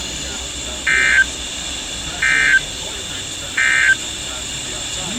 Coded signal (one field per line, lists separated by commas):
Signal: Emergency Alert System (SAME) tones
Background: speech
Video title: Here we go again. (EAS#349-353)